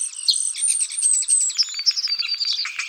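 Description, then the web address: Common starling calling: a dense, rapid medley of thin high whistles, clicks and rattling notes, running continuously without pause. "Sturnus Vulgaris"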